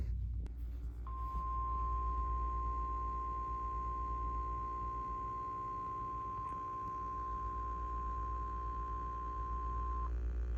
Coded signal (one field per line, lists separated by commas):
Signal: Emergency Alert System (SAME) tones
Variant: 1050 Hz attention tone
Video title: (EAS #2,989 - #3,008) WE FINALLY GOT SOME THINGS - EAS Alerts from 8/18/26 - 8/19/26